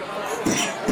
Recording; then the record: coughing mixed with background sound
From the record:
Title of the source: Spring Cold Coughing 3